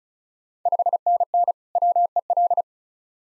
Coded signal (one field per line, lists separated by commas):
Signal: Morse code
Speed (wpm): 36 wpm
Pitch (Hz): 700 Hz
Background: none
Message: 5NN WEL